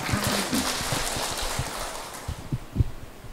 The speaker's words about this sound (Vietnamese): Cho anh tràng pháo tay.